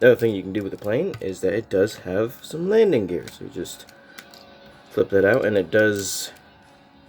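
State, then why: Not seated. Someone talks while the plastic landing gear of a transforming robot toy jet is flipped out, with two brief sharp handling ticks at about 4.2 and 4.3 seconds during a pause in the speech. The gear has not yet clicked into its deployed position when the clip ends.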